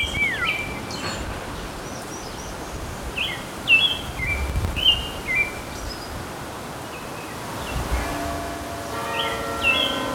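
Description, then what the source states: Songbird giving scattered clear whistled notes, some sliding downward, over steady low rumble, with a tonal mechanical whine near the end. Songbirds singing in a city.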